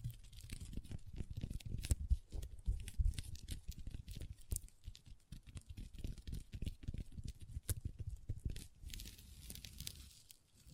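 Long nails tap and scratch across a table in a dense, irregular stream of small clicks and rasps, with no talking. Sharp taps land every fraction of a second, while dry scratching fills the gaps. A low thudding rumble runs underneath throughout.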